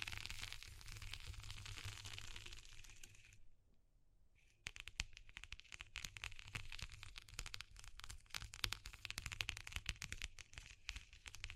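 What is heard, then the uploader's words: A textured sound of dense, bright crackling, like fine snapping and popping packed tightly together, runs over a steady low hum. Around the fourth second the crackle drops away, leaving only the hum, then snaps back abruptly and continues with sharper, irregular pops. ASMR Exploring Textures (No Talking).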